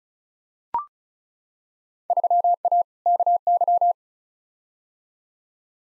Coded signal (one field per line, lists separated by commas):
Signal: Morse code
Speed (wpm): 34 wpm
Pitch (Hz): 700 Hz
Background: none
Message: 3A KY